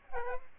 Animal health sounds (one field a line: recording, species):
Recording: mosquito wingbeat signal from an infrared sensor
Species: Aedes aegypti